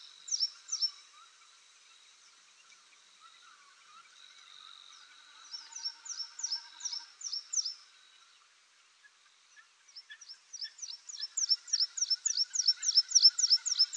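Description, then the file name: Meadow pipit giving rapid series of thin, high, downslurred notes in bursts: a short run at the start, another midway, then a longer run at the end. "SWIERGOTEKLAKOWY"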